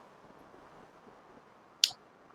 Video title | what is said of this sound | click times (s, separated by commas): Sony M4 Unboxing Review, Best vlogging Camera-Camera Test-Latest best Camera | sound వచ్చిందా? Tick అని sound వచ్చిందంటే కెమెరాకు work అవుతున్నట్టే. | 1.8 s